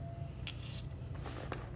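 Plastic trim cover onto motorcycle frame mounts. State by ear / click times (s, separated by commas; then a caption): not seated / none. A plastic side cover is handled and pushed back toward its mounts on the frame of a BMW F900XR / F900R motorcycle during installation of ZTechnik Extreme Adventure Gear side guards. Faint handling rustles sit over a steady low hum and soft background music, with a brief sharp sound at the very end of the clip. Nothing has popped or seated yet.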